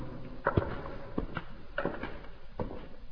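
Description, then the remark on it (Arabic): Four steady footsteps at an even walking pace, each a soft, dull thud with a slight scuff, alone without any voices. “يلا كلها خطوتين”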